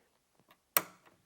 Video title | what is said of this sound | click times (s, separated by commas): Janome 423S Sewing Machine Review | and you just want to push it till you hear a click, | 0.8 s